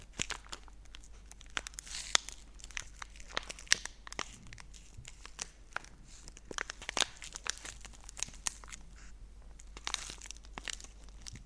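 Chocolate wrappers are crinkled and rustled in quick, irregular bursts of sharp, bright crackles. The crackling runs throughout with brief pauses, busiest around the second, fourth, seventh and tenth seconds, over a low, steady hum.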